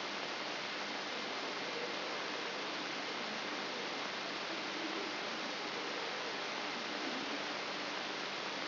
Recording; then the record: brain microelectrode recording played as sound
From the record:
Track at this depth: outside the subthalamic nucleus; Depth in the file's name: 5.501 mm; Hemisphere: left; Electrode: 3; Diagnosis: Parkinson's disease